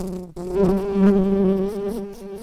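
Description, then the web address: Common carder bee buzzing with a low, steady droning hum that swells in the middle and wavers slightly, starting after a brief break. Worker bees. "Pascuorum workers"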